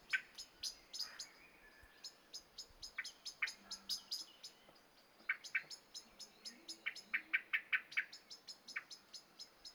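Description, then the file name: Common blackbird repeating hard metallic chinks in loose bursts. "Turdus merula"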